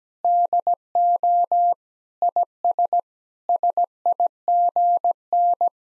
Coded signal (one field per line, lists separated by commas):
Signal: Morse code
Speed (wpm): 17 wpm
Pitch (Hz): 700 Hz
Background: none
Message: DO IS SIGN